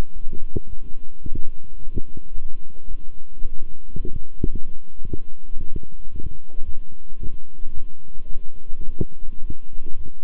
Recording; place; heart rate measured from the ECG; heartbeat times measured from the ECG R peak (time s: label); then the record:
heart sounds by stethoscope; between the tricuspid and mitral areas; 110 bpm
0.12 s: heartbeat
0.67 s: heartbeat
1.22 s: heartbeat
1.78 s: heartbeat
2.33 s: heartbeat
2.87 s: heartbeat
3.41 s: heartbeat
3.95 s: heartbeat
4.49 s: heartbeat
5.03 s: heartbeat
5.57 s: heartbeat
6.10 s: heartbeat
6.64 s: heartbeat
7.18 s: heartbeat
7.73 s: heartbeat
8.29 s: heartbeat
8.84 s: heartbeat
9.40 s: heartbeat
9.95 s: heartbeat
From the record:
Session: walking at 3.7 km/h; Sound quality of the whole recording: good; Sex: male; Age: 26 years